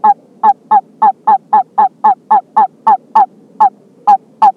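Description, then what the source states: California toad giving a series of brief honk-like peeps, roughly three or four each second, evenly spaced at first, with a couple of short gaps near the end. California toad, subspecies halophilus.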